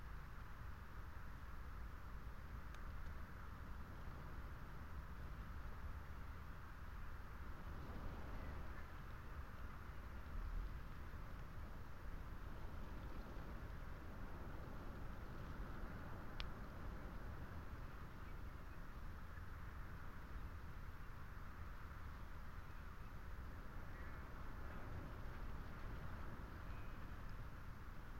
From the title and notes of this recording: Lone tree under windswept telegraph wires. The tree, weather stunted and probably overlooked by almost all who stumble by on the rough stone track, holds and shelters the Lento microphones.